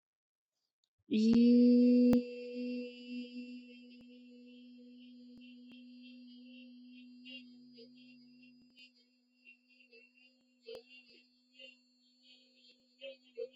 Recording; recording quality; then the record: sustained vowel as in beet; excellent, no background noise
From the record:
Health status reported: healthy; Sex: female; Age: 27 years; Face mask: not worn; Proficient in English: yes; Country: India